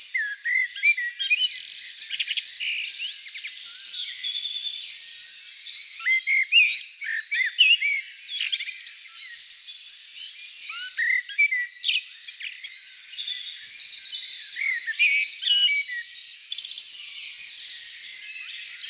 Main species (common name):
Common Blackbird